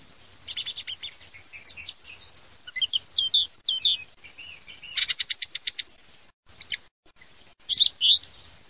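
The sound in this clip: Thrush song of varied short whistled and scratchy phrases, including a fast run of repeated clipped notes, separated by brief pauses; no other sounds stand out.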